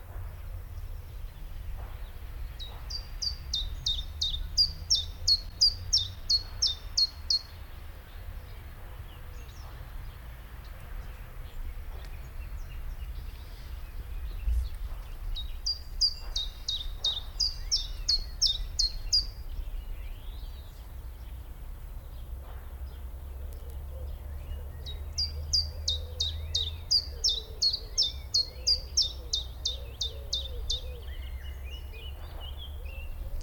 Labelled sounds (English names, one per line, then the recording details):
Common Chiffchaff
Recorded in the wild
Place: Friedhof Niederschönhausen III, Berlin, DE
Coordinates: 52.57, 13.38
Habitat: Stadtfriedhof
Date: 1996-04-20 13:30
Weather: sonnig, 20°C
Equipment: Sony MD-WM MZ-R3, Sennheiser MKH 416 T, Kopie Uher 4000 Report Monitor
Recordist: Tembrock, Günter